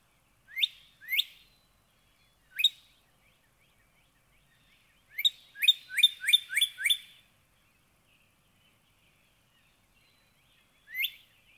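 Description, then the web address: Northern cardinal: scattered single rising whistles, then a tight phrase of six, followed by another isolated note after a pause. "birdsongforthecurious Northern Cardinal"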